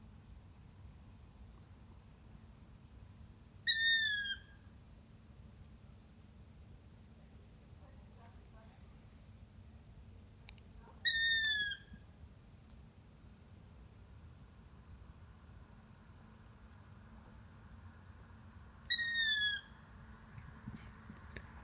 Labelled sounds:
Long-eared Owl (Asio otus) call
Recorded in the wild
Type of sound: call
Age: juvenile
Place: Flemmingen, Thuringia, DE
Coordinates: 50.9338, 12.615
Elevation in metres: 256
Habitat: orchard meadow
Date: 2024-07-26 23:04
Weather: 20°C, no wind
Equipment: Sound Devices MixPre6, Sennheiser MKH8060
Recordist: Frommolt, Karl-Heinz
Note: Calls of a juvenile long-eared owl

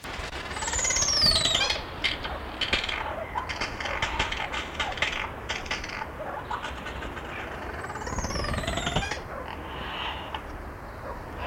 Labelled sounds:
Crested Oropendola (Psarocolius decumanus) call
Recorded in captivity
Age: adult
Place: Zoo Berlin, Berlin, DE
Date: 1994-02-05
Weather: heiter bis wolkig, 0 °C, Wind
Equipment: Marantz CP 430, Sennheiser MKH 416 T, Kopie Uher Variocord 263
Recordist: Tembrock, Günter

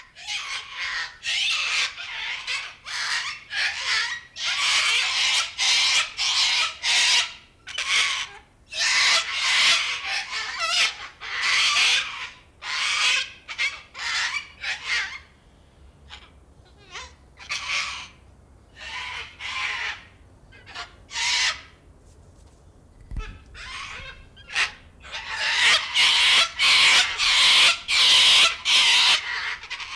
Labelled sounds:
Sulphur-crested Cockatoo (Cacatua galerita) call
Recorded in captivity
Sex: diverse
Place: Zoo Berlin, Berlin, DE
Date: 1996-03-13 15:35
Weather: bedeckt, 2°C
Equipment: Sony WM-D6C, Sennheiser ME 80, Kopie Uher 4000 Report Monitor
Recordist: Tembrock, Günter
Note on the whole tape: 5 Exemplare mit Langrufen und Ruffolgen mit Kopfbeugen

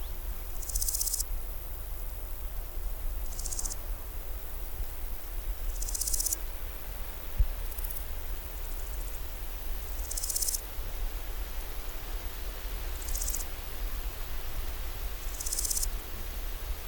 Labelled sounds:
Large Gold Grasshopper (Chrysochraon dispar) stridulation
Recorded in the wild
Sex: male
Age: imago
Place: Groß Dölln, Schorfheide, Brandenburg, DE
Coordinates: 53.01, 13.58
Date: 1996-08-04 11:24
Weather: wechselnd heiter bis wolkig, 15-18°C
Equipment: Sony MD-WM MZ-R3, Sennheiser ME 80, Kopie Uher 4000 Report Monitor
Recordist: Tembrock, Günter

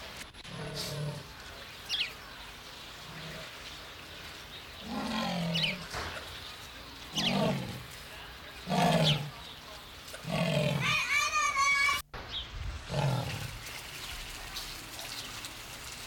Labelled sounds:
Leopard (Panthera pardus)
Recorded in captivity
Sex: male
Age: adult
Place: Zoo Berlin, Berlin, DE
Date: 1995-02-25 12:28
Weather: wolkig, 3°C
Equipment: Marantz CP 430, Sennheiser ME 80, Kopie Uher Variocord 263
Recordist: Tembrock, Günter

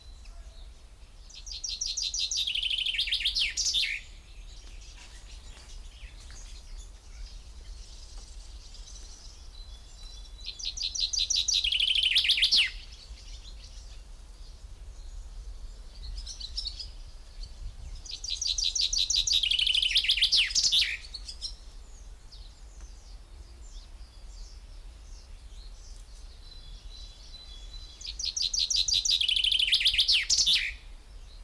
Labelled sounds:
Common Chaffinch (Fringilla coelebs)
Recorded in the wild
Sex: male
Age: adult
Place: Kremmen, Brandenburg, DE
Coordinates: 52.76, 13.03
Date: 1995-06-03 11:58
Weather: heiter, 18°C
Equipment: Marantz CP 430, Sennheiser ME 80, Kopie Uher 4000 Report Monitor
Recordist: Tembrock, Günter

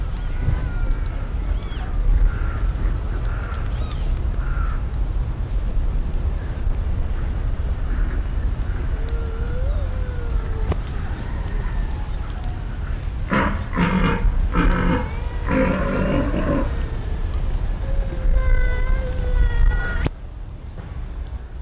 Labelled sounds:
Père David's Deer (Elaphurus davidianus)
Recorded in captivity
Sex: pair
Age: adult
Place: Zoo Berlin, Berlin, DE
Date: 1993-07-17 12:01
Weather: cloudy, 22 °C
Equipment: Marantz CP 430, Sennheiser ME 80, Kopie Uher Variocord 263
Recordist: Tembrock, Günter
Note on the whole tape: Männchen: Brunftlaute, Weibchen z.T. treibend (diverse helle Langlaute), dazu Gelenkknacken

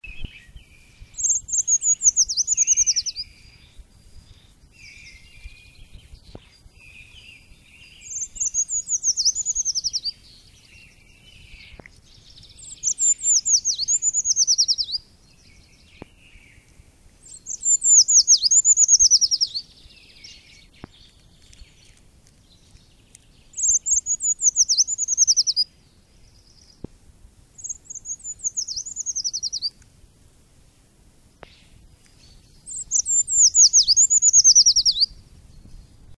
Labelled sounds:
Eurasian Treecreeper (Certhia familiaris) song
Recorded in the wild
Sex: male
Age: adult
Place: Röttenbach, Bayern, DE
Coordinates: 49.6658, 10.9669
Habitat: forest
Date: 1962-04-04
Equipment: Stellavox SM 5, Original, Vollspur
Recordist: Tretzel, Erwin
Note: Hintere Mark: Waldbaumläufer: Reviergesang

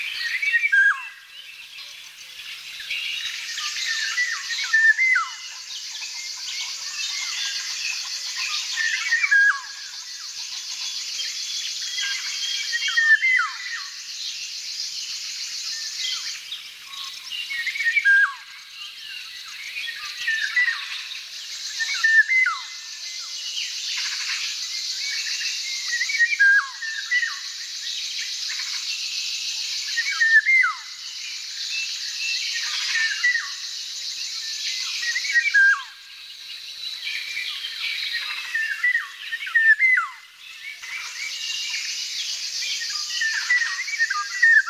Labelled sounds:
Eurasian Golden Oriole (Oriolus oriolus) song
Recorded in the wild
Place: Hortobagy Nationalpark / Fischteiche, HU
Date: 1990-05-21
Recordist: Schwarz, Dieter

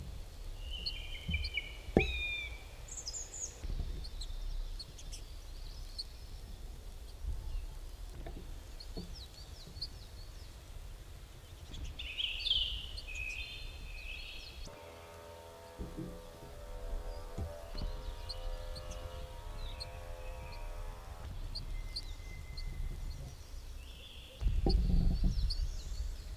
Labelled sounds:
Ortolan Bunting (Emberiza hortulana) call
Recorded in the wild
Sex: female
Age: adult
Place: Schloß Holte-Stukenbrock, Senne, Nordrhein-Westfalen, DE
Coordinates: 51.8667, 8.66667
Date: 1968-06-16
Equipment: Uher 4000 Report-S, Bändchenmikro Beyer M 260, Parabolspiegel Polyester (470 mm)
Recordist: Conrads, Klaus

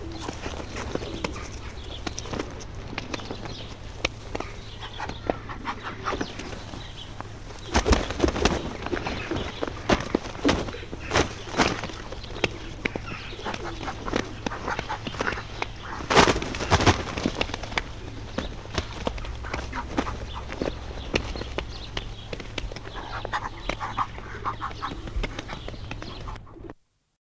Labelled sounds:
Muscovy Duck (Cairina moschata)
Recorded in captivity
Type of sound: sound during copulation
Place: Tierpark Hellabrunn, Bayern, DE
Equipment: Halbspur, 9,5 cm/s
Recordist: Lütgens, Hans
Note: Kopula

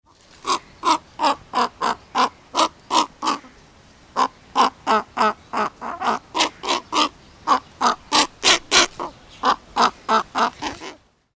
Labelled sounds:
Whistling Heron (Syrigma sibilatrix)
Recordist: Tembrock, Günter
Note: Lautfolge

